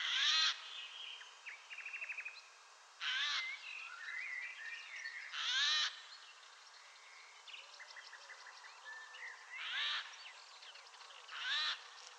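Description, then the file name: Eurasian jay repeating loud, hoarse screeches at irregular intervals, five in all, over a backdrop of thin chirps and trills from other birds. "Garrulus glandarius"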